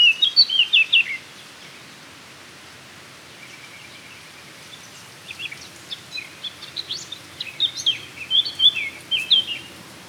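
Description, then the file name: Eurasian blackcap song, a quick scratchy warbled phrase at the start, a quiet pause, then another run of jumbled chirps and whistles to the end. "Sylvia atricapilla"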